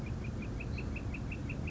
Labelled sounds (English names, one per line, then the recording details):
Northern Flicker
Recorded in Sonoma County, California